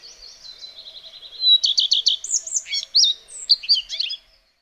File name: colirrojo-real Phoenicurus-phoenicurus